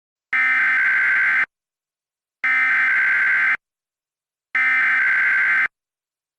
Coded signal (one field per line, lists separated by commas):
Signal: Emergency Alert System (SAME) tones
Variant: header bursts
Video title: EAS Reenactment Mock: Harvey wrecks havoc [v2] (Extreme Wind Warning) - AUG 25 2017